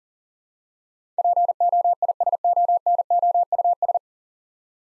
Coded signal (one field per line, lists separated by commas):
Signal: Morse code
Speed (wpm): 37 wpm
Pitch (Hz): 700 Hz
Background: none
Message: POISONOUS